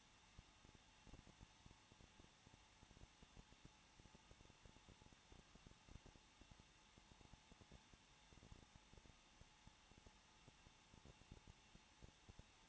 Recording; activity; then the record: daily activity, microphone in the room; no activity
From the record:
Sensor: 1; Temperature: 20.1 degrees Celsius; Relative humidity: 39.3%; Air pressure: 1006.4 hPa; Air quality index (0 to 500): 218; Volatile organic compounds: 80 ppm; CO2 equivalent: 3606 ppm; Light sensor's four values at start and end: 1/2/1/1 and 1/2/1/1